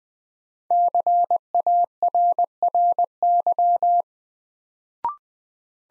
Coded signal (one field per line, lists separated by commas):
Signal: Morse code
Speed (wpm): 20 wpm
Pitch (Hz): 700 Hz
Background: none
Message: CARRY